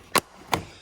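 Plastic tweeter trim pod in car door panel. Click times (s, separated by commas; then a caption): 0.2 s, 0.5 s. A plastic tweeter trim pod is pulled off the car door panel near the window of a 2018 GLC43 AMG during a door speaker installation. Two sharp, loud clicks are heard at 0.2 s and 0.5 s as the pod unsnaps and comes free.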